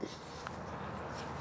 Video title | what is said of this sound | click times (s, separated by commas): Black Bunker BM8 .22 Cal - Full Review | and now you're locked in you're locked into place ready to go that's it now it's ready to go | 0.5 s